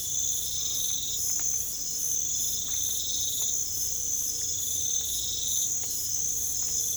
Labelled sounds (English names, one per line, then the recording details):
none
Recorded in pastures near Puerto Asís, Putumayo, Colombia, on 22 December 2024 at 23:30
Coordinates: 0.487, -76.322
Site GP09